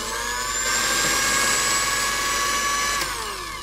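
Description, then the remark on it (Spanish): A blender runs steadily for a few seconds, a loud, continuous high-pitched motor whine with a rough grinding edge, dipping slightly in pitch near the end. No one speaks over it. “Y lo ponemos en la licuadora.”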